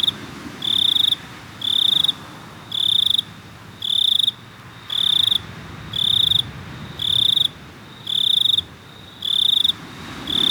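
Cricket producing a regular series of short, shrill trilled chirps, nearly one each second, with a thin continuous tone underneath.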